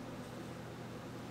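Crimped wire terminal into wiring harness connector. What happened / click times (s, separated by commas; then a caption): The terminal is being handled but has not clicked in yet / none. A crimped detent-wire terminal is pushed by hand into a wiring harness connector, but nothing has seated or clicked yet. Only a steady, even background hum with low tonal bands is heard, with no sudden sounds.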